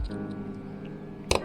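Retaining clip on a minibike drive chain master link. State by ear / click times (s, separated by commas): seated / 1.3 s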